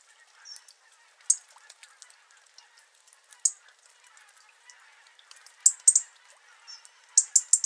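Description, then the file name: European robin calls: sharp high ticks in short clusters, a few seconds apart, with a thin high whistle now and then over faint crackling. "Erithacus rubecula"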